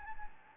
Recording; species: mosquito wingbeat signal from an infrared sensor; Anopheles gambiae